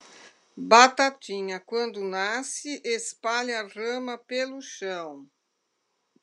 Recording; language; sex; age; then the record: short text; Brazilian Portuguese; female; 60 to 69 years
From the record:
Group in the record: control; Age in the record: 63 years